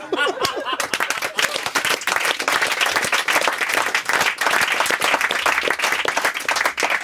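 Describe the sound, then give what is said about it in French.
An audience breaks into sustained applause, a dense, steady crackle of many hands clapping at full volume for several seconds, with a brief voice at the very start. “Ouais, on applaudit par habitude.”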